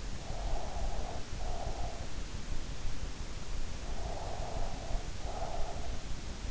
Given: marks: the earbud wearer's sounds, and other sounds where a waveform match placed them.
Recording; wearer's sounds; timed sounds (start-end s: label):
sounds in sleep by an in-ear microphone; breath
0.17-2.12 s: breath
3.89-6.06 s: breath